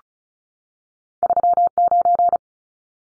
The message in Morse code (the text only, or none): 39